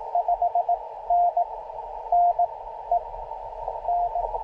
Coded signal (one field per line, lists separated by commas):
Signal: Morse code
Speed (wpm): 19 wpm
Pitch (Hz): 700 Hz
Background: radio noise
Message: 5NN E N